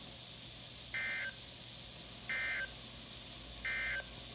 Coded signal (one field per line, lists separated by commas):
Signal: Emergency Alert System (SAME) tones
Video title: May 4th Madness EAS# 473-499 from 5/4/21